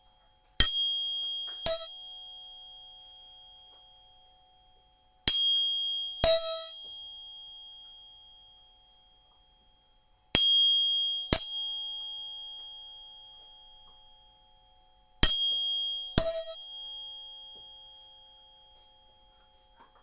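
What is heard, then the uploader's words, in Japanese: Tuning forks are struck in pairs about every five seconds, each bright metallic ring sharp at first, then slowly fading. 音叉チューニング3本。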